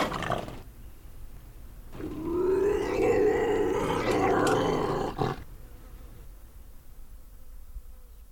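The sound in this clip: Bobcat giving a drawn-out, wavering, harmonic yowl lasting about three seconds.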